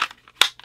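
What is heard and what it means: A Sig P365 BB air pistol replica (4.5 mm/.177) is pushed into the same kydex holster used for the 9mm, with faint scraping and ticking before a loud, sharp snap at 0.4 s. It seats with no problem, fitting just like the 9mm, followed by a couple of small ticks.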